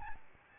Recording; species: mosquito wingbeat signal from an infrared sensor; Aedes albopictus